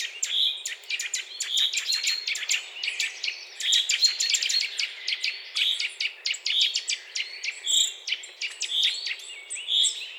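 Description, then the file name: Eurasian nuthatch calling, clear piping notes repeated about every second over a busy backdrop of rapid clicking chirps. "Sitta europaea"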